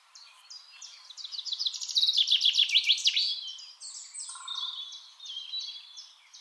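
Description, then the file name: Common chaffinch song: a rapid trill building to a loud rattle over about two seconds, then softer chirps and whistles. "Fringilla coelebs"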